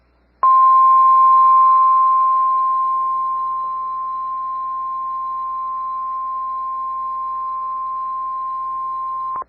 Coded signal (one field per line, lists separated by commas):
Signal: Emergency Alert System (SAME) tones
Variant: 1050 Hz attention tone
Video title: EAS #1,842 Online NOAA Weather Radio Severe T’storm Warning 4/25/25